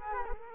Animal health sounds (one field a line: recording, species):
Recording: mosquito wingbeat signal from an infrared sensor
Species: Culex quinquefasciatus